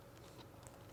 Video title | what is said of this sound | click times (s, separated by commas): FTF #17 Changing Helical Cutter Blades | yeah your screws should come undone with that one little click feel you know hear that click | 0.7 s